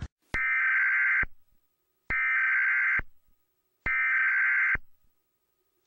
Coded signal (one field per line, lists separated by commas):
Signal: Emergency Alert System (SAME) tones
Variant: header bursts